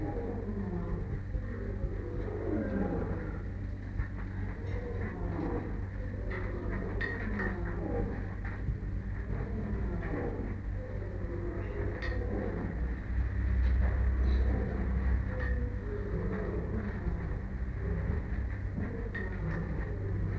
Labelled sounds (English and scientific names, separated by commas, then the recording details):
Leopard (Panthera pardus)
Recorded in captivity
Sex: pair
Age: adult
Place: Tierpark Berlin, Berlin, DE
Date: 1959-09-01
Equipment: Smaragd
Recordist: TSA